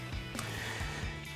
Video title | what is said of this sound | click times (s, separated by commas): 1999-2004 Mustang GT Bama Tuning 4-Bank Eliminator Chip Review & Dyno | That'll just clip right back in here. | 0.4 s